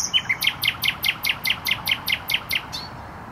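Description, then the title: Nightingale delivering a single fast phrase of loud, evenly repeated chattering notes, ending abruptly. Singing in bushes close to a noisy motorway, Trasa Toruńska, Bródno-Podgrodzie, Warsaw, Poland; recorded on an Olympus LS-11. "Bródno-Podgrodzie, Warszawa, Polska - Trasa Toruńska Nightingale"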